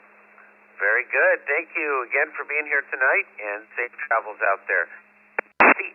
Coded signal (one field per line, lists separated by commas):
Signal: Emergency Alert System (SAME) tones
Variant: header bursts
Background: speech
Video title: East Coast Reflector Open Mic Night Net 36 2025 11 12 210234